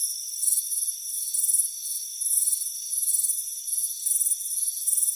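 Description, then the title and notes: Cricket chirping in short, shrill pulsed bursts coming in quick succession, over a quieter, constant high-pitched insect background. "Soothing Crickets Chirping Sound. It's a warm afternoon as you relax in a hammock on the front porch. Relax and fall asleep to the soothing sound of chirping crickets. Deep Sleep Sounds"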